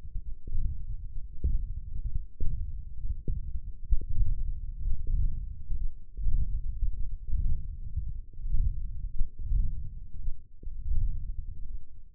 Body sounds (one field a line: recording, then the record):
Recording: forearm muscle sounds (acoustic myography)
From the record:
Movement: ulnar deviation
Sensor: system 1, eight BSWA MPA416 microphones around the upper forearm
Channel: 2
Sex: male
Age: 21 years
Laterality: right